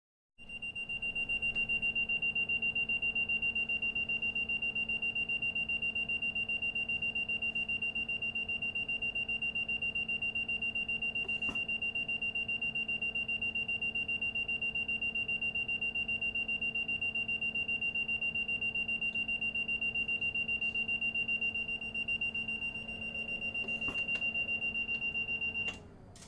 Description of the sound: Alarms Hospital Ventilator.